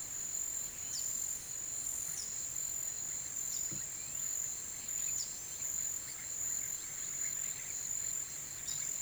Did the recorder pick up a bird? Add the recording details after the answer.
no. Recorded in pastures near Puerto Asís, Putumayo, Colombia, on 29 June 2025 at 14:00. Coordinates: 0.486, -76.323. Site H29